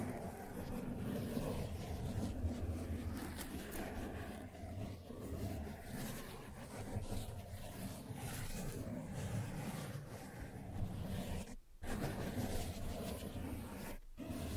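ASMR tracing sounds: a dense, steady low rumble of rubbing with faint scratchy flickers riding on top, rising and falling gently in level. The sound briefly cuts out twice, near 11.7 and 14 seconds, before resuming.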